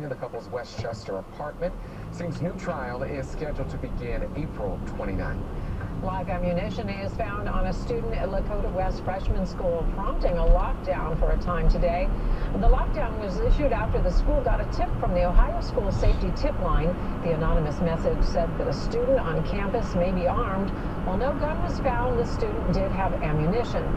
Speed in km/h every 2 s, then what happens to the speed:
0, 6, 24, 34, 44, 52, 60, 64, 68, 71, 72, 74.
1-18 pulls away to 71. 18-24 steady at about 72.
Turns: none.